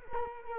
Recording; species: mosquito wingbeat signal from an infrared sensor; Culex quinquefasciatus